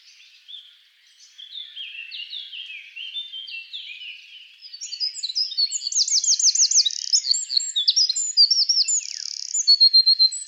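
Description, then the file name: Eurasian wren singing, a quieter jumble of high twittering notes that swells into loud, rapid trills and sharp whistles for the last half. "Troglodytes troglodytes"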